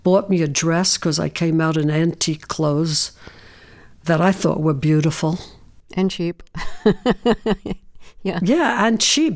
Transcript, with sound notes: Bought me a dress 'cause I came out in antique clothes that I thought were beautiful.
And cheap (laughter). Yeah.
Yeah. And cheap.